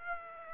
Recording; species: mosquito wingbeat signal from an infrared sensor; Aedes aegypti